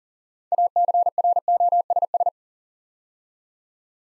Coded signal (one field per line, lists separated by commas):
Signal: Morse code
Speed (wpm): 39 wpm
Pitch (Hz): 700 Hz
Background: none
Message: ACROSS